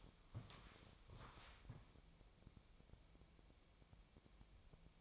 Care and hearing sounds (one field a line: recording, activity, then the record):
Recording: daily activity, microphone in the room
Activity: walk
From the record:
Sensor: 1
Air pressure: 1000.5 hPa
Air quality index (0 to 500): 170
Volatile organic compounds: 4 ppm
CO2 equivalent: 1584 ppm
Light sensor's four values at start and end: 14/34/14/16 and 13/33/13/16